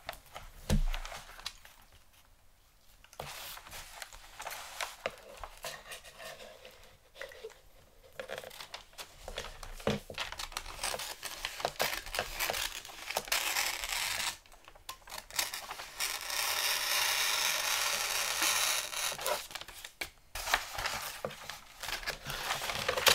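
Gift wrapping with crinkling paper, tape and scissors: dense, bright rustling and crackling that comes in uneven bursts throughout. A sharp snap lands near the start, brief quiet gaps break things up around three, eight and twenty seconds, and the crinkle grows thicker and steadier after fifteen seconds.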